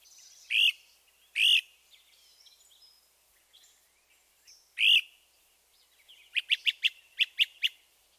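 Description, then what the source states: Great Crested Flycatcher: three loud whistled weeps, then a quick run of short notes forming a trill, with faint background sounds. Repeated ascending weep, then a softer, lower-pitched trilled preet, preet, preet.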